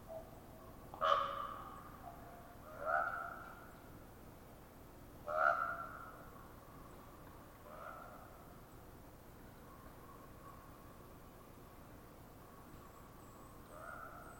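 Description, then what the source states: Common raven popping calls: sharp clicking pops with hollow, liquid tonal notes in a short series, then fainter ones later. Ravens exchanging popping calls in a conversation-like series.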